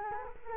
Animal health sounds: mosquito wingbeat signal from an infrared sensor; Culex quinquefasciatus

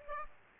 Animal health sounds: mosquito wingbeat signal from an infrared sensor; Aedes aegypti

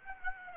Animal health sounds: mosquito wingbeat signal from an infrared sensor; Aedes aegypti

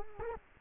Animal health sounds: mosquito wingbeat signal from an infrared sensor; Culex quinquefasciatus

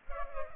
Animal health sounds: mosquito wingbeat signal from an infrared sensor; Culex pipiens

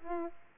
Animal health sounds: mosquito wingbeat signal from an infrared sensor; Aedes aegypti

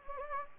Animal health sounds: mosquito wingbeat signal from an infrared sensor; Anopheles gambiae

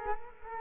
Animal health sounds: mosquito wingbeat signal from an infrared sensor; Culex quinquefasciatus

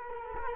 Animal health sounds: mosquito wingbeat signal from an infrared sensor; Culex quinquefasciatus

